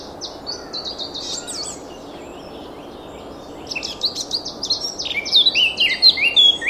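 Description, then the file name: Eurasian blackcap song: an opening burst of chattering notes, a quiet gap, then a louder, faster warble with clear fluty notes at the close. "Sylvia atricapilla"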